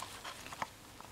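A paper cartridge oil filter element is handled against a plastic filter housing cap, lined up so its notches will engage the center hole. Soft rustling and handling noises are heard, with a brief tap near the middle. Nothing has seated or clicked into the housing cap yet.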